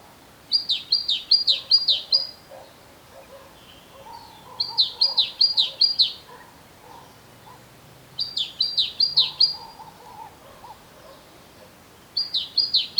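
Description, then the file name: Great tit repeating bursts of high, see-sawing, down-slurred notes roughly every four seconds, with quieter lower twittering from other birds underneath. "Parus major"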